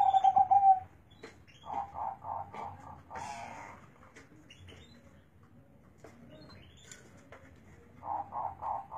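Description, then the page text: Zebra dove song: a bright trilled coo at the start, then a series of softer, evenly spaced coo notes, and after a pause more rhythmic coos. Local Indonesian perkutut, kept as a contest bird; its voice is the main judging criterion in bird contests; recording used as training (masteran) material. "Suara Perkutut Lokal Asli"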